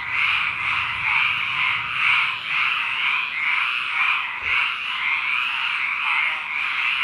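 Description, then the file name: Frog chorus, an unbroken mass of grating croaks rising and falling roughly once a second. At a lake. "frog at the lake"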